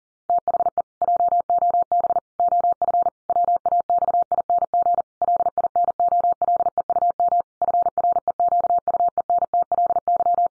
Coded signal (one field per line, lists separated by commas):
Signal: Morse code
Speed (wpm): 40 wpm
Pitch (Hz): 700 Hz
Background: none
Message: THE JOB OF WAXING LINOLEUM FREQUENTLY